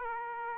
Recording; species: mosquito wingbeat signal from an infrared sensor; Aedes aegypti